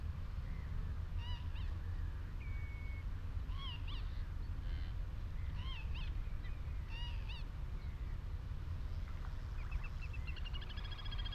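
Birdsong on Higham Marshes on a May afternoon: repeated bright chirping calls over a steady low rumble, with a rapid trill near the end.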